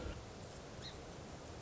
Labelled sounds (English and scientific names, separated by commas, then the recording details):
Song Sparrow (Melospiza melodia)
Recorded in Sonoma County, California